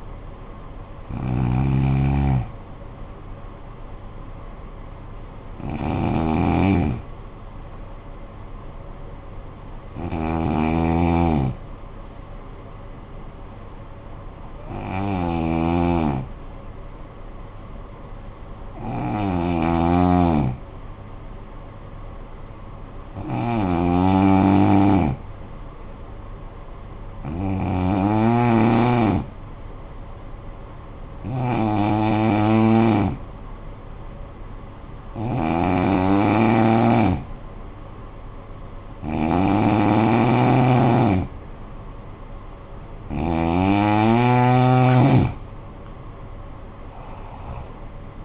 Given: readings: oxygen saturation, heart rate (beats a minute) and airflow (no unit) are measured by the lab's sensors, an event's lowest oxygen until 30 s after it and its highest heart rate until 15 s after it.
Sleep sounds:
breathing in sleep by a smartphone at the bedside; 1
18.00-42.30 s: hypopnea (N2, oxygen 96% highest, then 89% lowest, heart rate 52 at the start, 75 highest)
From the record:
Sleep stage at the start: N2 (light sleep); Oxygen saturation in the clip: 89 to 96%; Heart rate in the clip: 51 to 68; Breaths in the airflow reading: 11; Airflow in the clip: -9.9 to 11.3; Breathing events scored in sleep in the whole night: 445 in 7.6 hours asleep

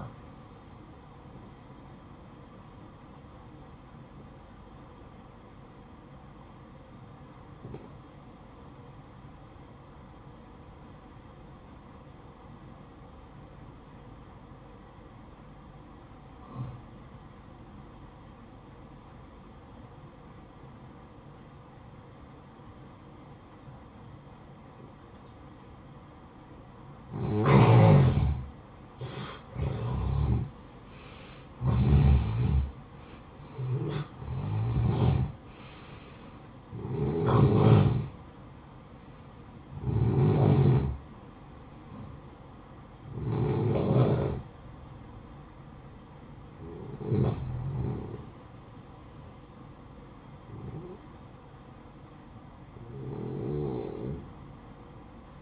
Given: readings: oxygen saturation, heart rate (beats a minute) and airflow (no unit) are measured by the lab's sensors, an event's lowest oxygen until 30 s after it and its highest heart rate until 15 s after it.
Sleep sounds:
breathing in sleep by a smartphone at the bedside; 1
4.00-28.80 s: obstructive apnea (N1, oxygen 93% highest, then 87% lowest, heart rate 62 at the start, 71 highest)
From the record:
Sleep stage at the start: N1 (lightest sleep); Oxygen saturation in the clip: 86 to 93%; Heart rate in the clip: 54 to 71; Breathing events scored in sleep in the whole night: 573 in 9.8 hours asleep

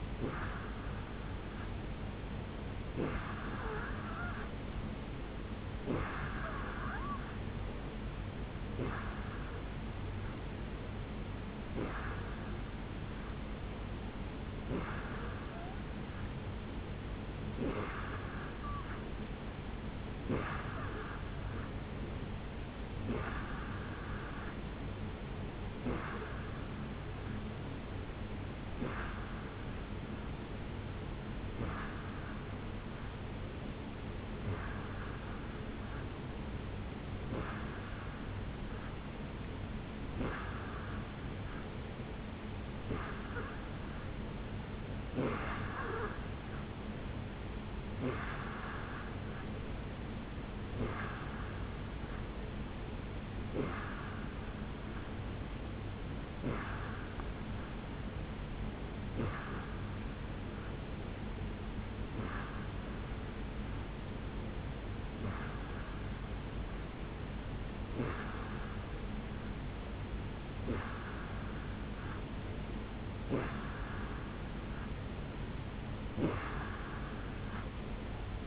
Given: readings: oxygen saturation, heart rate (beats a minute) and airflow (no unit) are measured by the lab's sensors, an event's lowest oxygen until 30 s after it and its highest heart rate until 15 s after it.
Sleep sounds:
breathing in sleep by a voice recorder at the bedside; none
33.00-78.47 s: new sleep stage, N3 (deep sleep)
From the record:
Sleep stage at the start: N2 (light sleep); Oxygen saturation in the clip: 86 to 88%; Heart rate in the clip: 70 to 74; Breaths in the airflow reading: 28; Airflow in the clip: -4.6 to 2.5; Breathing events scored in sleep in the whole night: 449 in 7.0 hours asleep

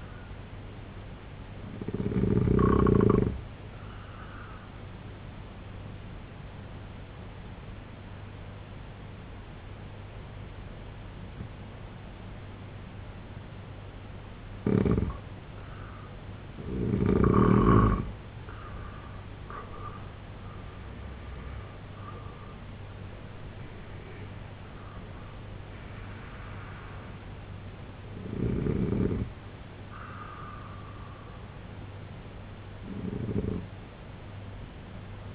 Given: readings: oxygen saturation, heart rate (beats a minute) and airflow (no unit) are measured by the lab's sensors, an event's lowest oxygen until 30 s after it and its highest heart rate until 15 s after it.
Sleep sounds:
breathing in sleep by a voice recorder at the bedside; 1
5.00-17.50 s: obstructive apnea (N2, oxygen 93% highest, then 86% lowest, heart rate 73 at the start, 95 highest)
23.00-35.35 s: new sleep stage, N1 (lightest sleep)
From the record:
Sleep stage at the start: N2 (light sleep); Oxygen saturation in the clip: 87 to 93%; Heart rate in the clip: 67 to 95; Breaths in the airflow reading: 6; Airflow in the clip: -9.4 to 9.0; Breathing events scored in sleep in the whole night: 258 in 7.4 hours asleep

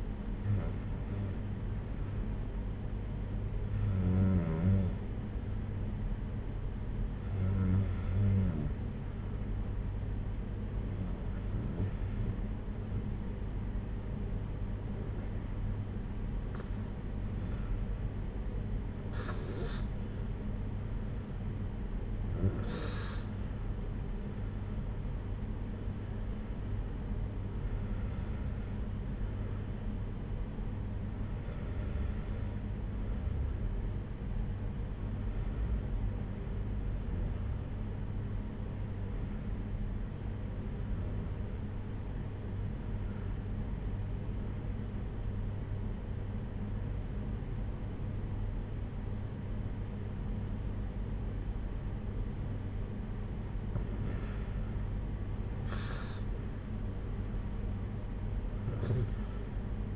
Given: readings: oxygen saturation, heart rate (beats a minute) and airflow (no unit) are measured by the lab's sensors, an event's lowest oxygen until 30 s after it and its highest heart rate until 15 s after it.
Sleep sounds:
breathing in sleep by a smartphone at the bedside; 2
4.00-17.80 s: hypopnea (N2, oxygen 95% highest, then 94% lowest)
5.00-59.96 s: new sleep stage, N1 (lightest sleep)
38.00-55.60 s: hypopnea (N1, oxygen 95% highest, then 93% lowest)
From the record:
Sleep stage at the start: N2 (light sleep); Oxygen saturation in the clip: 94 to 96%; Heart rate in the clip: 55 to 63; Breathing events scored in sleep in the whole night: 226 in 8.8 hours asleep

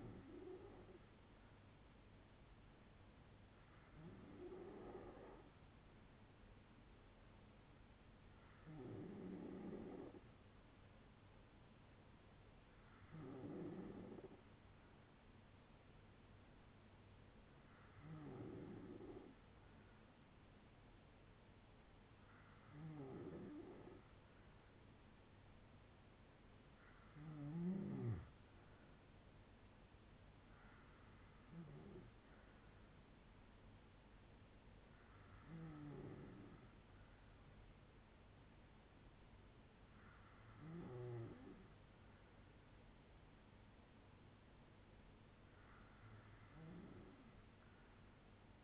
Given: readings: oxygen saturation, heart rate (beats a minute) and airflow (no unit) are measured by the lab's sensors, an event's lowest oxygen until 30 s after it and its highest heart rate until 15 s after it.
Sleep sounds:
breathing in sleep by a voice recorder at the bedside; none
30.00-48.64 s: new sleep stage, N2 (light sleep)
From the record:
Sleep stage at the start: N3 (deep sleep); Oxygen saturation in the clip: 93 to 95%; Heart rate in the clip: 52 to 75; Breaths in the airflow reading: 11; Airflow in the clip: -7.7 to 6.6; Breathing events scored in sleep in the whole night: 182 in 7.4 hours asleep

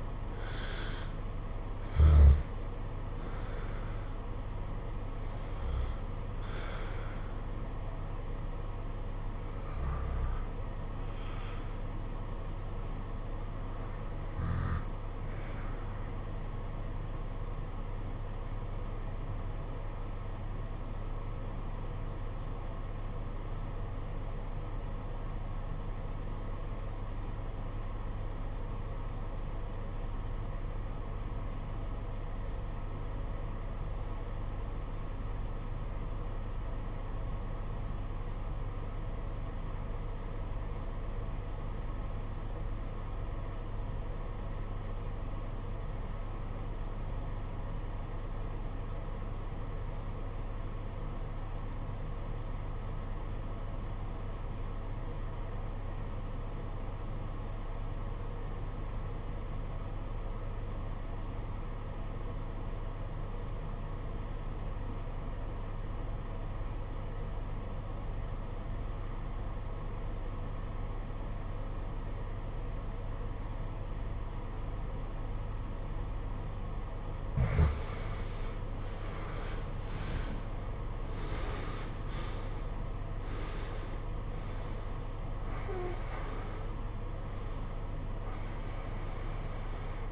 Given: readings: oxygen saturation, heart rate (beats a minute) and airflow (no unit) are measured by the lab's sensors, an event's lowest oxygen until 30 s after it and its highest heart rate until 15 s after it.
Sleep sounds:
breathing in sleep by a smartphone at the bedside; 1
22.00-78.10 s: obstructive apnea (REM, oxygen 96% highest, then 66% lowest, heart rate 55 at the start, 96 highest)
From the record:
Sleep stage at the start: REM sleep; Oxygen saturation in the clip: 67 to 96%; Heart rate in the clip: 50 to 96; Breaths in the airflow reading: 10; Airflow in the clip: -15.9 to 16.5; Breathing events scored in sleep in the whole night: 476 in 9.7 hours asleep

